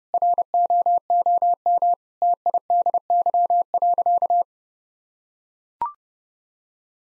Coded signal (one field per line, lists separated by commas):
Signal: Morse code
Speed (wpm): 32 wpm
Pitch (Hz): 700 Hz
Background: none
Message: ROOM TIDY.